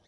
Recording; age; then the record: pig call; piglet (1 to 25 days)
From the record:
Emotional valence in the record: positive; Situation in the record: short reunion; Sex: male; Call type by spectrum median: low-frequency call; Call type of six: low-frequency tonal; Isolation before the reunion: 3 minutes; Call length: 0.08 s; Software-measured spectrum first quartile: 349 Hz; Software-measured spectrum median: 1388 Hz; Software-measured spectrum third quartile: 4434 Hz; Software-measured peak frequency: 86 Hz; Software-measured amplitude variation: 36 dB a second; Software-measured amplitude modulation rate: 12.5 a second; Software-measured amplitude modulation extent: 2.9 dB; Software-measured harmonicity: 0.1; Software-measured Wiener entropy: -1.70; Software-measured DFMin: 780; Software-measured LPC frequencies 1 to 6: 635, 1871, 3569, 5307, 5918, 7340 Hz